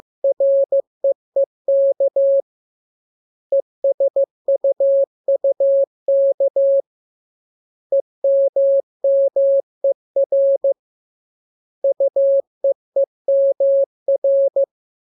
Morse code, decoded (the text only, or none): REEK ESUUK EMMER UEEMR